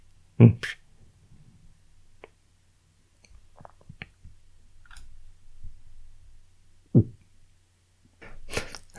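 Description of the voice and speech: Adult man with Tourette syndrome producing vocal tics: brief grunts, hums, lip smacks, tongue movements and other mouth noises, separated by pauses.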